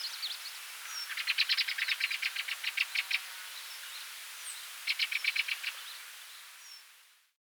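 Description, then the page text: Tibetan blackbird song: bursts of rapid, evenly repeated bright notes, a long trill-like run followed after a pause by a shorter matching burst, over a steady hiss. "Tibetan Blackbird Song. Quick Sounds"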